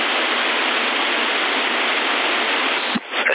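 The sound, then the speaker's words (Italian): Steady, loud CB radio carrier hiss from a held carrier signal, a dense even rush of static with no voices, holding for several seconds before briefly dipping and sputtering near the end. Recorded during a CB radio session in Sassari, May 2020. “Io intendo un bel casino, un fruscio, di tutto si porta appresso.”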